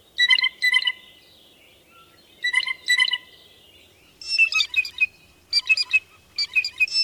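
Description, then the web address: Blue jay calls: harsh harmonic notes given in quick pairs, then bursts of higher, scratchy, clipped notes in the second half. "Songs of Birds of North America Know Your Bird Sounds. Blue Jay"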